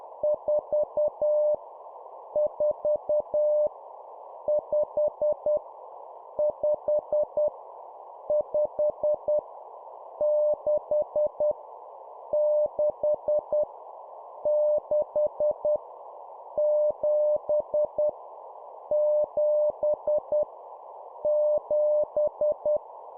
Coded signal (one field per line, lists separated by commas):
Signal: Morse code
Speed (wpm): 10 wpm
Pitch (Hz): 600 Hz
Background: none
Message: 4 4 5 5 5 6 6 6 7 7 7